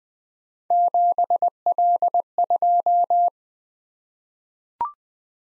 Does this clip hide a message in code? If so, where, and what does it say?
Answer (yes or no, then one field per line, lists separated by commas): yes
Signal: Morse code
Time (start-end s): 0.7-3.3 s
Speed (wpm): 20 wpm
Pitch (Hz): 700 Hz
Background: none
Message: 7L2